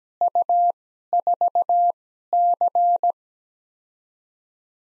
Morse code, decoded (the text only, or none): U4C